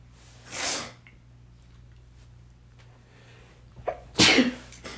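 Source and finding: Adult man. Sneeze.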